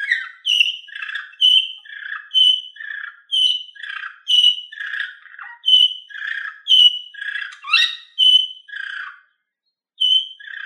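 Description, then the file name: Canary song phrases alternating a clear high whistled note with a lower buzzy note, repeated roughly once a second with a brief pause near the end. Orpheus V3 canary recording. "kn orpheus v 3 omkicau"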